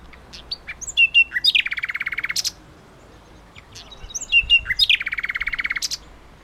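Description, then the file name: Common nightingale song, two similar phrases of high whistled notes leading into a long rapid rattling trill, a pause between them. "Luscinia megarhynchos"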